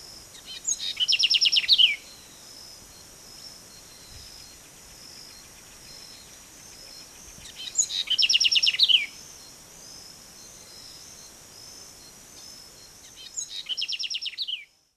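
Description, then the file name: House wren song: three bubbly, rapid, high-pitched jumbled bursts, each over a second long, spaced several seconds apart over faint background hiss. Recorded at Terre Rouge, Mana, on 21 August 2008 at 6:32 in the morning. "terrerougemana-6 h 32-troglodytefamilier"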